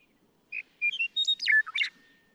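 Western meadowlark song: a few whistled notes, then a fast tumbling warble, with a thin steady tone trailing after.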